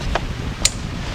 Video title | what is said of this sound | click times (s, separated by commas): Buick Rainier Chevy Tahoe GMC Yukon Cadillac Pontiac Valve Lifters Head Gaskets Replacement, Part 3 | there it is. Once it snaps into place, | 0.7 s